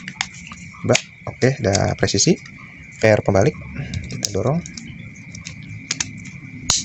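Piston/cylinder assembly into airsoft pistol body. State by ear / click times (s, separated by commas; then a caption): seated / 6.7 s. During reassembly of a spring airsoft pistol, the piston/cylinder assembly is lined up precisely and pushed into the pistol body while someone talks. A few small ticks and handling sounds lead up to a sharp click at 6.7 s as the assembly seats into place.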